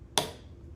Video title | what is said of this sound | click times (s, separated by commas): Table Saw Safety Demo | I'd clip it down, and you might have heard the click here. Let me do it again. Listen. | 0.2 s